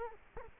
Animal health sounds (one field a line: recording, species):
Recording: mosquito wingbeat signal from an infrared sensor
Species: Culex quinquefasciatus